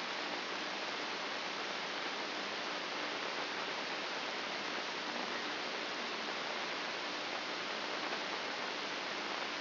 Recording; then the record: brain microelectrode recording played as sound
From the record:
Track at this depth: inside the subthalamic nucleus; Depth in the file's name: 4.23 mm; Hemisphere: left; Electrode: 2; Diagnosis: Parkinson's disease